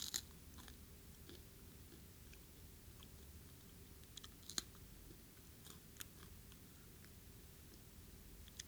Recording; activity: daily activity, guitar pickup as the sensor; eat